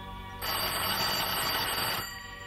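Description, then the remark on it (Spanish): A telephone rings once in a single sustained, buzzy, high-pitched burst lasting about a second and a half, then stops. No one speaks. “Sonó el teléfono.”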